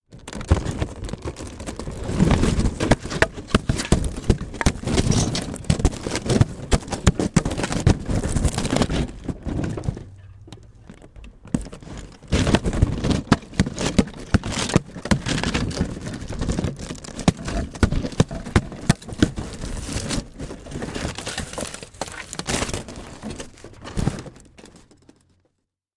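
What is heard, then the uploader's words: A foil-wrapped hamster ball tumbles down stairs in dense crinkling clatters, pausing near ten seconds, then rattling on before settling around twenty-five seconds. Hamster Ball In Foil Down Stairs. Put Olympus VP-10 (with padding-ish) inside hamster ball. Wrap hamster ball in foil (that proves to just come off). Roll down porch stairs (part wood, then concrete).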